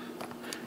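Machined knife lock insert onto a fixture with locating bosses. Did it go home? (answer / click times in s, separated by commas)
yes / 0.5 s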